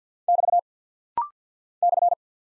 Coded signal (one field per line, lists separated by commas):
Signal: Morse code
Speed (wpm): 48 wpm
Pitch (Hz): 700 Hz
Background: none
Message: <BT> /